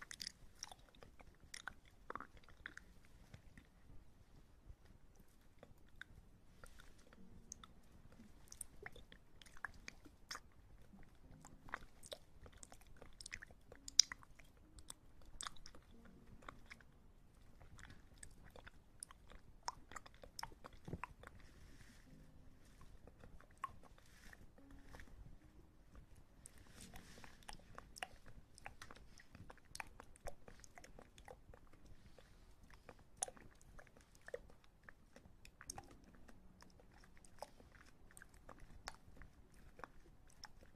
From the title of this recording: Ear Massage